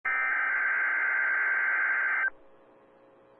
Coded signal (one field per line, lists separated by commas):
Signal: Emergency Alert System (SAME) tones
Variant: header bursts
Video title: DMX RWT 2 eas 786